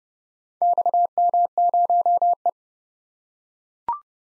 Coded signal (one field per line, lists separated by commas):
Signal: Morse code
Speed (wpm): 30 wpm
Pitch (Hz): 700 Hz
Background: none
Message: XM0E